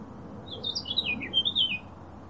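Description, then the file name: Eurasian blackcap giving a short, quiet warbling phrase of quick twittering notes that rise and fall, just over a second long, over a faint low background hiss. "Sylvia atricapilla"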